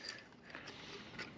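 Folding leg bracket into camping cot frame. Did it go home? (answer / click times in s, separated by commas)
no / none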